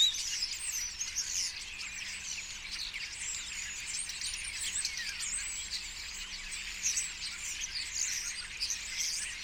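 Common starlings in a noisy group, continuous high chattering and twittering with overlapping squeaks and clicks and no pauses.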